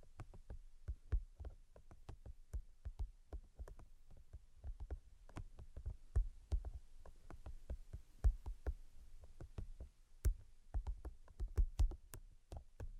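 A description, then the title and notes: 3D tapping: quick, irregular taps and knocks continue through the whole clip, several per second, each a short dull thud with a crisp click on top. A few louder strikes stand out near the sixth, tenth and twelfth seconds over a quiet hiss. ASMR Brain Penetrating 3D Tapping (No Talking).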